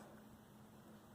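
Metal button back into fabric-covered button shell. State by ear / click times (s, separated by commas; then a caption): not seated / none. A metal button back is being pressed by hand into a fabric-covered button shell for a DIY fabric-covered button. Only a steady low hum with a tone near 200 Hz is heard, with no sudden sounds. Nothing has seated or snapped into place yet.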